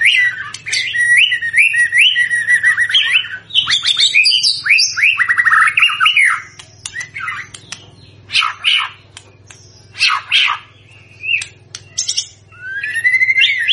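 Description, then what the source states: White-rumped shama delivering varied whistled and chattering phrases, with some sharp clicks and pauses, over a steady low hum in the background. Singing vigorously; a lure recording meant to make other White-rumped shamas respond.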